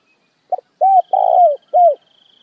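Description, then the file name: Spotted dove giving one soft four-note coo phrase, the third note longer and rolling, while a thin high buzz runs faintly behind it. Dove calling the flock. "Tieng cu gay goi bay"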